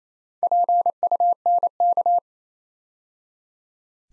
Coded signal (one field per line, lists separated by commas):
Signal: Morse code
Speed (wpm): 27 wpm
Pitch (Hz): 700 Hz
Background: none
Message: PUNK